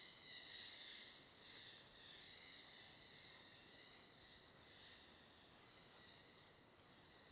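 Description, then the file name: Cicadas in a continuous high-pitched buzzing chorus, slightly louder at the start and then steady, with a brief click near the end. Cave entrance with forest behind; AB stereo recording. "caverna do ramiro gravacao em ab mata atras com gotejar, mosca, cigarras, passaros"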